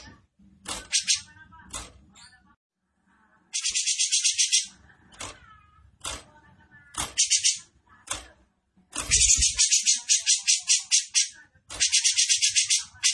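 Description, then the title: Grey-cheeked bulbul giving harsh, buzzy rattling bursts of rapid pulses, alternating with sharp single clicks and short notes, repeated in uneven runs with brief silent gaps. Song style called besetan; bird singing actively (gacor) with a clear voice. "Cucak Jenggot Besetan Gacor. Cucak Jenggot Besetan Dengan Suara Jernih"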